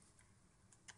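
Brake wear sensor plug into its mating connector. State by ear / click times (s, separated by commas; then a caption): seated / 0.9 s. A brake wear sensor plug on an A4 is pushed back onto its mating connector during a brake pad job. Faint ticks come at 0.2 s and 0.7 s, then a sharper, louder click at 0.9 s as the plug engages and seats in its socket.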